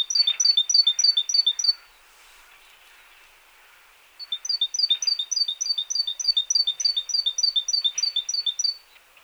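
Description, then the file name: Great tit song: rapid series of high three-note phrases, each a sharp descending sequence, one burst of about 1.7 seconds, a pause, then a longer run of about 4.5 seconds. "Parus major"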